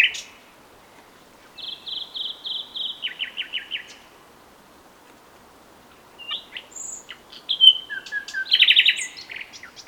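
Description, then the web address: Common nightingale singing: a run of evenly repeated notes ending in a few lower ones, a pause, then mixed clicks, whistles and a rapid trill. "SETE Luscinia megarhynchos"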